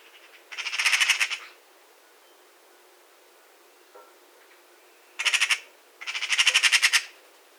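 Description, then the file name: Eurasian magpie giving harsh, rattling chatter calls, three bursts of rapid noisy pulses, the middle one the shortest, with quiet pauses between. "Pica pica"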